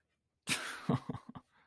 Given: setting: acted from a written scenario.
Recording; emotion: vocal sound without words; awe